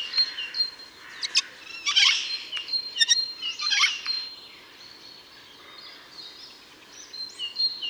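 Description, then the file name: Eurasian jay uttering two hoarse, scratchy screeches about two seconds apart, amid a background of high thin whistles and brief chirps from other small birds. "Garrulus glandarius"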